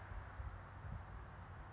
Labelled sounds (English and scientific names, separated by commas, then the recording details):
California Towhee (Melozone crissalis)
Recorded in Sonoma County, California